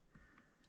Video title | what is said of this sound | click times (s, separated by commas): K&N Reusable Cabin Filter Cleaning, Re-Oiling & Are the Chemicals Safe? | Then once you get it in there, it just slides all the way in and back. And then you hear it click. | 0.4 s